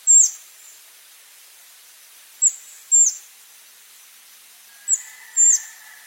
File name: Canto do black crowned tanager